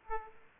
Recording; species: mosquito wingbeat signal from an infrared sensor; Aedes aegypti